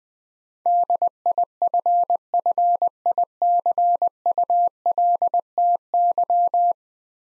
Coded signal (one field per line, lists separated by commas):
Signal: Morse code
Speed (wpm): 21 wpm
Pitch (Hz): 700 Hz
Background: none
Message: DIFFICULTY